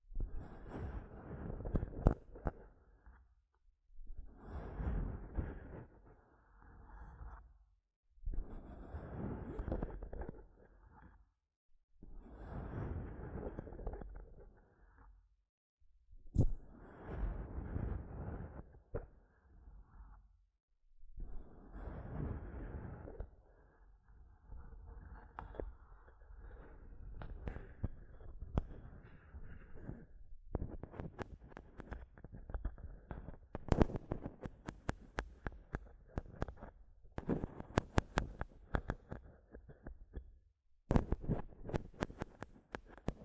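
Mic tapping and scratching comes in dense bursts a few seconds long with short silent gaps, turning into quicker, choppier taps after thirty seconds.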